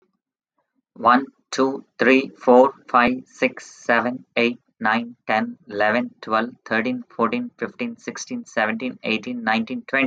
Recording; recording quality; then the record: counting at a fast pace; excellent, no background noise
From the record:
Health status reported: healthy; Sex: male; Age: 47 years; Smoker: no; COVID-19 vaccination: both doses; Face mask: not worn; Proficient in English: yes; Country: India